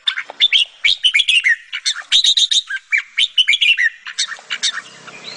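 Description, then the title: Sooty-headed Bulbul song: rapid run of bright, bubbly chirping notes, nearly continuous with short breaks, fading into a softer hiss near the end. "Suara Burung Kutilang"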